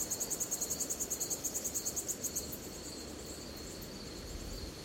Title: Звуки ночного леса. Звук цикад ночью в лесу